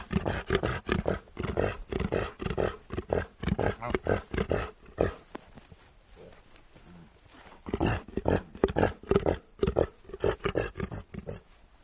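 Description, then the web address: Reindeer: rapid low grunts from reindeer, about two per second, pausing briefly midway before resuming at the same quick pace. "el sonido del grunido de los renos"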